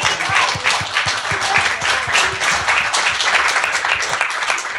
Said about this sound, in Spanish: Yo es un aplauso nada más. Sí, aplaudámoslo.